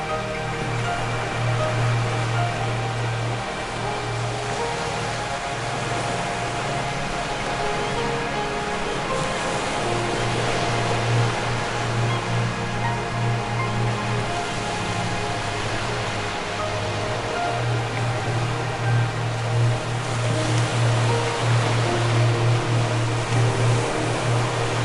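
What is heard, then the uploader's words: Ocean waves make a steady, even wash of surf throughout, with no single breakers standing out. Soft music plays over it: a deep sustained bass note and long held tones above. Level and texture stay nearly constant from start to finish. The Majestic Ocean Soundscape With Relaxing Music & Ocean Waves.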